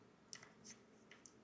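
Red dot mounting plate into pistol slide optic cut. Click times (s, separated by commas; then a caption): 0.3 s. A red dot adapter plate is set onto the optic cut of a Springfield Armory Hellcat PRO Comp pistol slide, where its locating points seat it. It snaps into place with a sharp click at 0.3 s, followed by a few lighter ticks and scrapes through the clip. The plate is seated.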